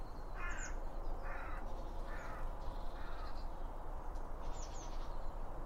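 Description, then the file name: Birds calling at a feeder: a harsh, rasping call repeated several times, with thin high chirps at the start and end over a steady low rumble. Birds around a bird feeder, recorded with two Line Audio OM 1 microphones. "Birds Around Birdfeeding With Two Om 1 From Line Audio"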